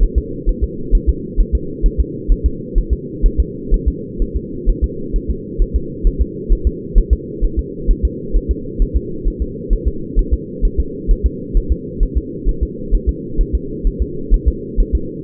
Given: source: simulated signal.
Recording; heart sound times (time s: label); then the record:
fetal heart sounds
0.03 s: S1
0.18 s: S2
0.49 s: S1
0.64 s: S2
0.95 s: S1
1.09 s: S2
1.40 s: S1
1.55 s: S2
1.86 s: S1
2.00 s: S2
2.32 s: S1
2.46 s: S2
2.78 s: S1
2.93 s: S2
3.26 s: S1
3.40 s: S2
3.74 s: S1
3.88 s: S2
4.22 s: S1
4.36 s: S2
4.70 s: S1
4.84 s: S2
5.16 s: S1
5.30 s: S2
5.62 s: S1
5.76 s: S2
6.07 s: S1
6.21 s: S2
6.53 s: S1
6.67 s: S2
6.98 s: S1
7.13 s: S2
7.44 s: S1
7.59 s: S2
7.91 s: S1
8.05 s: S2
8.36 s: S1
8.51 s: S2
8.82 s: S1
8.96 s: S2
9.28 s: S1
9.42 s: S2
9.73 s: S1
9.88 s: S2
10.19 s: S1
10.34 s: S2
10.65 s: S1
10.80 s: S2
11.11 s: S1
11.26 s: S2
11.57 s: S1
11.72 s: S2
12.03 s: S1
12.17 s: S2
12.49 s: S1
12.63 s: S2
12.95 s: S1
13.09 s: S2
13.41 s: S1
13.55 s: S2
13.87 s: S1
14.02 s: S2
14.34 s: S1
14.48 s: S2
14.80 s: S1
14.95 s: S2
From the record:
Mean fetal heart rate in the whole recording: 130 bpm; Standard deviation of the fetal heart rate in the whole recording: 4 bpm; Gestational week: 38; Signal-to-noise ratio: -4.3 dB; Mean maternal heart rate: 72 bpm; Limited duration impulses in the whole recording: absent